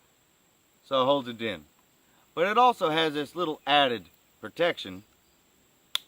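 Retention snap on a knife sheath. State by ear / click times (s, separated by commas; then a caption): seated / 5.9 s. Someone talks while a Mora Garberg knife sits seated in its sheath. At 6.0 s the sheath's added retention snap closes with a single sharp, loud click, fastening it for extra security so the knife will not come out.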